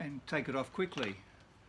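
Someone talks while handling a camera on its quick-release plate at a tripod head clamp, with no distinct mechanical sound standing out over the voice. Nothing has seated or clicked into the clamp yet.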